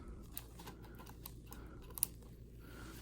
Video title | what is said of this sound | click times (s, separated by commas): Canon PowerShot SX740 HS Unboxing!! Christmas!! | it locks in place and | 2.0 s